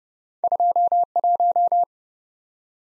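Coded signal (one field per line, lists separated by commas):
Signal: Morse code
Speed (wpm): 30 wpm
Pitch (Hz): 700 Hz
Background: none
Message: 21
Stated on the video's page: Morse drill at 30 wpm of random two-character letter and number groups, each sent, spoken, then sent again, for head-copy.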